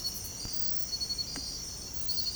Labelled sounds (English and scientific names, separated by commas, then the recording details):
none
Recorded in secondary vegetation near Puerto Asís, Putumayo, Colombia, on 22 December 2024 at 04:30
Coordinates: 0.468, -76.324
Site G095